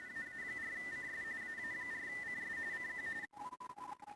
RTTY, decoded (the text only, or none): AA4CS AA4CS CQ